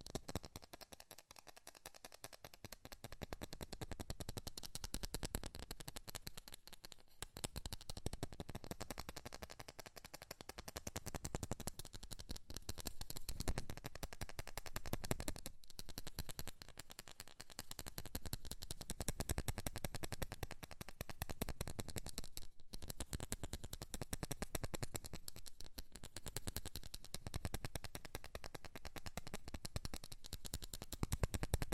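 Fast tapping runs nearly without pause for the whole half minute, a dense stream of quick, crisp clicks with a dull low thump under them. Brief breaks come around 7, 15 and 22 seconds, and the level stays fairly even otherwise.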